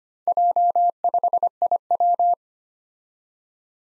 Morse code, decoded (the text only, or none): J5IW